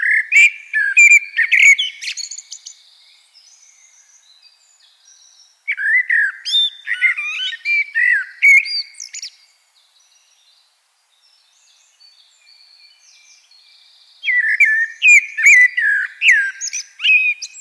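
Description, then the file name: Common blackbird song: three loud phrases of mellow whistles mixed with high squeaky flourishes, separated by pauses. "Turdus merula"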